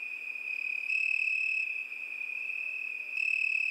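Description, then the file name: Steady high cricket trilling, growing louder at two points as extra overtones join, otherwise an even unbroken drone. Crickets at night. "Zvuki prirody - Noch sverchki"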